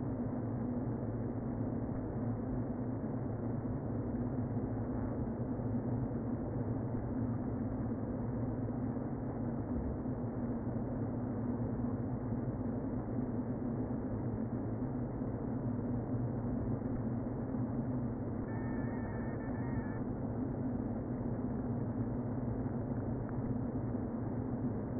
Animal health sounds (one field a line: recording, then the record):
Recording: honeybee colony, microphone inside the hive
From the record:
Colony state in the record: queen present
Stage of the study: before two queens were removed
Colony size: about 60,000 bees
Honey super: yes